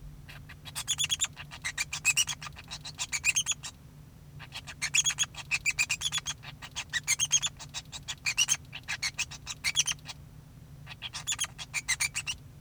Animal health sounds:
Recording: song of a male Bengalese finch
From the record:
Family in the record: son of father 2

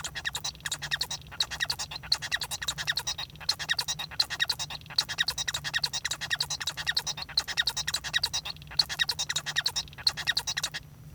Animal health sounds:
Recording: song of a male Bengalese finch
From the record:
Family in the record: son of father 1

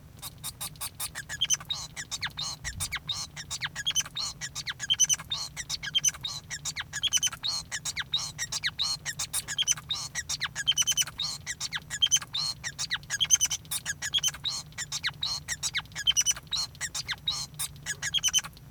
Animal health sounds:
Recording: song of a male Bengalese finch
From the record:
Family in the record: son of father 5

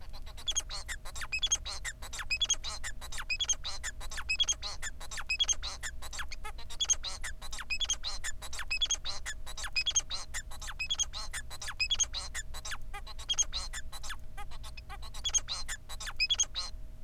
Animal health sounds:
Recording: song of a male Bengalese finch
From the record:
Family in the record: son of father 4

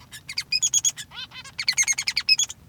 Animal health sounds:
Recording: song of a male Bengalese finch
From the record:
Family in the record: son of father 3

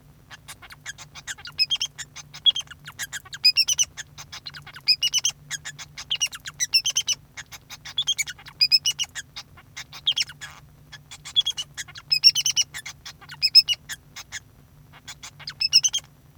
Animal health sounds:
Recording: song of a male Bengalese finch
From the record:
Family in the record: son of father 2

